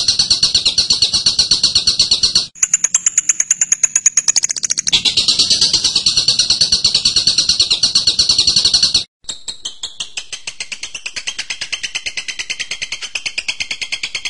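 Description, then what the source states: Bird song: a buzzy, high trill, then crisp repeated chips, more trilling, and after a short pause a lower series of rapid notes. Birdsong training recording (masteran) of a bird's voice.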